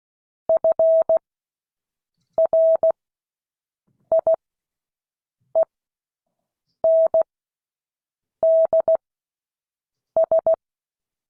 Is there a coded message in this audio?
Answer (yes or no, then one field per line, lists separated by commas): yes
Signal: Morse code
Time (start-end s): 0.5-10.5 s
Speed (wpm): 16 wpm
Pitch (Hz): 650 Hz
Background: none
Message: FRIENDS